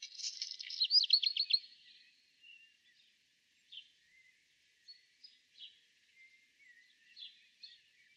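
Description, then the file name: Black redstart singing a quick phrase of rapid, repeated high notes, followed by sparse, softer chirps and short scratchy notes. "kopciuszek peter boesman. zwarte roodstaart. zang"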